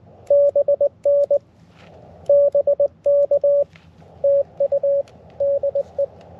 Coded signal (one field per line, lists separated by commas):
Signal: Morse code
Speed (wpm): 19 wpm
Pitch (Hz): 560 Hz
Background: radio noise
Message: BN BK TU DE